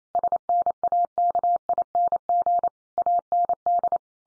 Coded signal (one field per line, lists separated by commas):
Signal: Morse code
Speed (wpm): 28 wpm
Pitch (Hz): 700 Hz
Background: none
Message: SNAKING AND